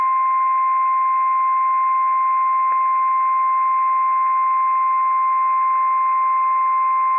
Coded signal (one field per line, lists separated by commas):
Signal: Emergency Alert System (SAME) tones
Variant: 1050 Hz attention tone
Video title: WWF56 Required Weekly Test from NWS Pendleton, Oregon - EAS #305 - 10:07 AM PST 11/23/22